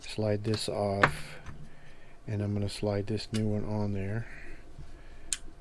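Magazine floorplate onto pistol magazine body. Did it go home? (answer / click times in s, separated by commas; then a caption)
yes / 5.3 s. Someone talks while the old floorplate is slid off a Ruger LCP Max pistol magazine, with a punch used to push the retaining button in, and a new 3D-printed finger-extension floorplate is slid onto the magazine body. At 5.3 s a short, sharp click is heard as the retaining button pops up into its hole and the floorplate seats in place.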